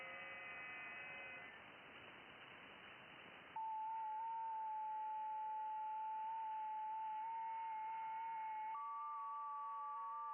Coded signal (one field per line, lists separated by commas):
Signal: FT8